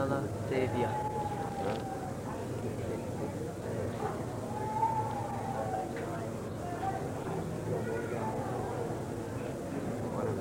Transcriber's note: background chatter with other devotees